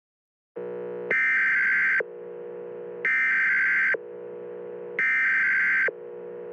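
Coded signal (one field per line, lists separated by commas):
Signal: Emergency Alert System (SAME) tones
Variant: header bursts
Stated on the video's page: Fictional EAS scenario, self-made.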